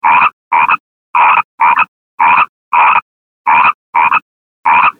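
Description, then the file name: Frog croaking: short, rough, nasal croaks, often in quick pairs, repeated about every half second over five seconds with silence between. "Frosch"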